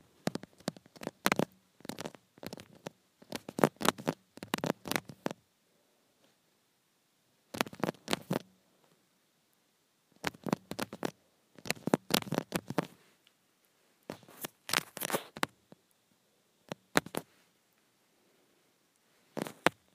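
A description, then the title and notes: Acrylic nails tap and click on a phone screen in quick bursts of sharp, bright clicks. Clusters of rapid taps come in groups lasting a second or two, separated by short silences, with a few isolated taps near the end. ASMR Acrylic Nails on Phone Screen.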